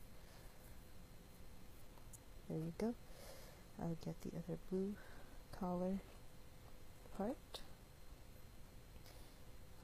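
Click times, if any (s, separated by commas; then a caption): none. Someone talks while handling the other blue plastic collar part of a Nobell Gundam model kit, about to push it onto the chest armor, with only faint handling rustles under the voice. Nothing has seated or clicked yet; the collar piece is not yet home.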